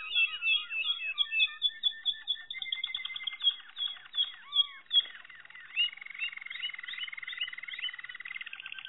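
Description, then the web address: Malinois canary singing varied liquid whistles and swoops, followed by a long steady rolling trill. "~joaopt canarios racas canto malinois"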